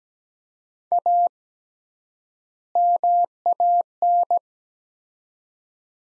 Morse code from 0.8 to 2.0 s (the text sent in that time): A